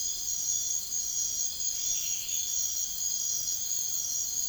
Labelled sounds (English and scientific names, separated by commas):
none